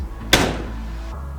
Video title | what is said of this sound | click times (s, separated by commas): ENGINE ISSUES?! and New Rear Seats Install on the Duramax Humvee | it shuts completely and latches in the second little click there. So that's a secure door now. | 0.3 s